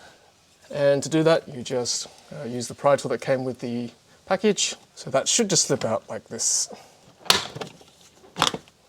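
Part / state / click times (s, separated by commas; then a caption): interior trim panel clip in car dashboard/console / released / 7.3 s, 8.4 s. Someone talks while a plastic pry tool from the kit is worked under a plastic interior trim panel on the dashboard/console of a Tesla Model Y, removed to install a Teslogic V2 unit for manual battery preconditioning. Sharp clicks at 7.3 s and 8.4 s mark the panel's retaining clip popping free, and the panel comes off.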